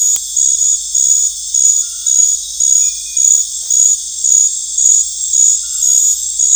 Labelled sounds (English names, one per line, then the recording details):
none
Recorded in dense forest near Puerto Asís, Putumayo, Colombia, on 20 December 2024 at 19:00
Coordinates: 0.484, -76.325
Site G056